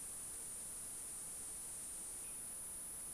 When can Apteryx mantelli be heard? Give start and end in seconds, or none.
none